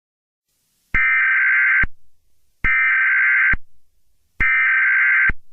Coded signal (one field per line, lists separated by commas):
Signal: Emergency Alert System (SAME) tones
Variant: header bursts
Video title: EAS Scenario 24: The Doom Rig (REMASTERED)